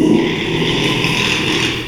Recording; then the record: squeal of a Yucatan mini pig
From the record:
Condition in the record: after surgery on the right vocal fold (resection and tissue-engineered implant); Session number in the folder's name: 1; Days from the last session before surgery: 6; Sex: male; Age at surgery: 12 weeks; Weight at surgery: 13 kg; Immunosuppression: cyclosporine, prednisolone